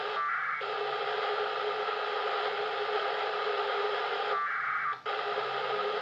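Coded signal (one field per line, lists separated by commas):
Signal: packet radio (AX.25, as in APRS)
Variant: 1200 baud AFSK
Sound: loud open-squelch hiss broken by two short warbling data bursts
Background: radio static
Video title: Ricezione segnali APRS dalla Stazione spaziale internazionale ISS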